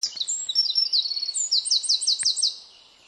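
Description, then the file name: Eurasian wren singing a brisk, high-pitched phrase of shrill notes running into a fast, ringing trill, with one soft click partway through. "Troglodytes troglodytes"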